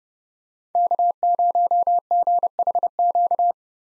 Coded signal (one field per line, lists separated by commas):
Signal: Morse code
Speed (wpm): 30 wpm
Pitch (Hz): 700 Hz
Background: none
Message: K0GHQ